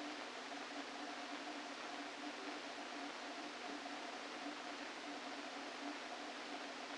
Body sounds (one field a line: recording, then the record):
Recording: brain microelectrode recording played as sound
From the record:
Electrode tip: outside the subthalamic nucleus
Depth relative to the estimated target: -3 mm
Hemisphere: left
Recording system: NeuroSet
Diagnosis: Parkinson's disease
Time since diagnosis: 13 years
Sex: male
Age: 49 years